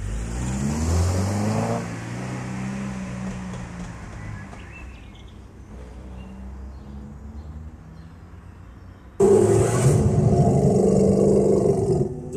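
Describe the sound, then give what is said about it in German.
A car engine revs with rising and falling low harmonic sweeps, settles into a steady rumble, then roars loudly again as the vehicle accelerates away. “Ich meine doch das Auto. Ach, blöde Karre.”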